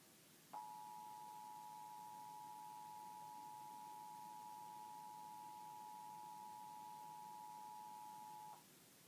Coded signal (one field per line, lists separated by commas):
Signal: Emergency Alert System (SAME) tones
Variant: 853 and 960 Hz attention tone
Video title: 2017 Iowa Tornado Drill tests on TV and radio (EAS #322-327)